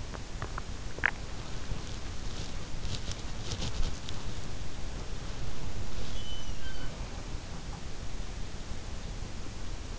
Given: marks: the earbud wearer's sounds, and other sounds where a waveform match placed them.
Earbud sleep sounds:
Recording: sounds in sleep by an in-ear microphone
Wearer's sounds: swallowing, body movement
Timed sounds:
0.00-1.33 s: swallowing
2.82-4.38 s: body movement
6.07-8.15 s: sound from someone else or the room

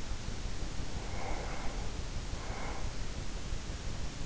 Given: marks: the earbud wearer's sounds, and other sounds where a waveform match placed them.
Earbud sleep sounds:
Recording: sounds in sleep by an in-ear microphone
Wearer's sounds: breath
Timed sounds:
0.90-3.24 s: breath

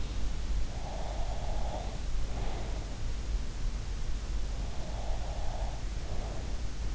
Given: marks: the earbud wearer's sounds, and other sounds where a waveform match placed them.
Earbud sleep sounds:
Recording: sounds in sleep by an in-ear microphone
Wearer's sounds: breath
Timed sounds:
0.76-2.92 s: breath
4.75-6.72 s: breath

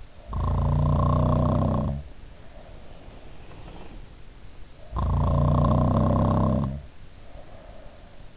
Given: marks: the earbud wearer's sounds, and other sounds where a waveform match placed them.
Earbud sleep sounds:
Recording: sounds in sleep by an in-ear microphone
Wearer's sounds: snoring breath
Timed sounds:
0.08-4.08 s: snoring breath
4.71-8.37 s: snoring breath

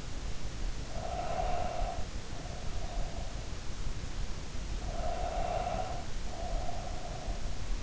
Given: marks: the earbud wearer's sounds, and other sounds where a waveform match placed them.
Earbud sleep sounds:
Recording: sounds in sleep by an in-ear microphone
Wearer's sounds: breath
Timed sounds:
0.90-3.84 s: breath
4.61-7.82 s: breath

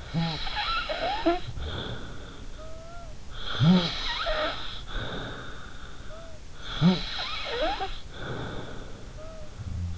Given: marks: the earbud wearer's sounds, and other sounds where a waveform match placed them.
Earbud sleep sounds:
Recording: sounds in sleep by an in-ear microphone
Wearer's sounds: snoring breath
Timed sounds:
0.00-3.20 s: snoring breath
1.36-2.19 s: sound from someone else or the room
3.38-6.48 s: snoring breath
6.66-9.60 s: snoring breath

